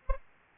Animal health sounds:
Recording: mosquito wingbeat signal from an infrared sensor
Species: Aedes albopictus

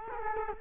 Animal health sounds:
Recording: mosquito wingbeat signal from an infrared sensor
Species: Culex quinquefasciatus

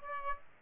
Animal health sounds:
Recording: mosquito wingbeat signal from an infrared sensor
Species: Aedes aegypti

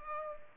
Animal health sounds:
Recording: mosquito wingbeat signal from an infrared sensor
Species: Culex pipiens

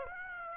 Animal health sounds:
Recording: mosquito wingbeat signal from an infrared sensor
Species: Aedes aegypti

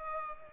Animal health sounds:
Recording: mosquito wingbeat signal from an infrared sensor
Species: Culex pipiens

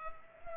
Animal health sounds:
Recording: mosquito wingbeat signal from an infrared sensor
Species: Culex pipiens

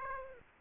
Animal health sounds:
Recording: mosquito wingbeat signal from an infrared sensor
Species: Aedes aegypti

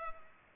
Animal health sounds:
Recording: mosquito wingbeat signal from an infrared sensor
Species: Culex pipiens

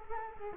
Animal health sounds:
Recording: mosquito wingbeat signal from an infrared sensor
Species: Culex quinquefasciatus

